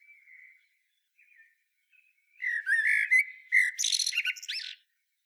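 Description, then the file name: Common blackbird song with soft quiet notes, then a mellow warbled phrase breaking into loud, squeaky high-pitched twittering. "Turdus merula"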